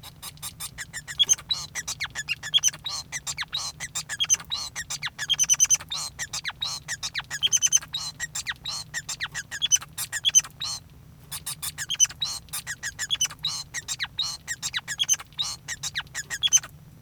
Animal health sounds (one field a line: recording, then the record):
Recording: song of a male Bengalese finch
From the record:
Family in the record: son of father 5